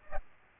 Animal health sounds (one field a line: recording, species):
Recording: mosquito wingbeat signal from an infrared sensor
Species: Aedes aegypti